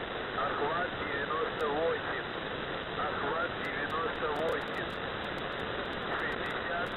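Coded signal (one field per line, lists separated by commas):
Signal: coded military voice message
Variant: Russian, The Goose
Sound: a voice speaking continuously through heavy shortwave hiss and crackle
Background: radio static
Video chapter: 00:00 - Воздух Охват-98 60617 ЗАУЧАН 1609 4034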